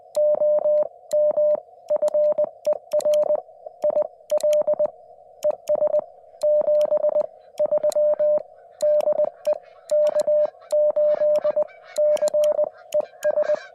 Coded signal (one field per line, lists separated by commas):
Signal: Morse code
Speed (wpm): 20 wpm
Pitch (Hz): 590 Hz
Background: none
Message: OM FER IL ES 73 DE K8CES